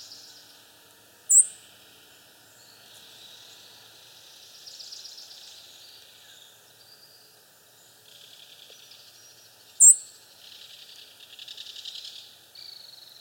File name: Passerella iliaca - Fox Sparrow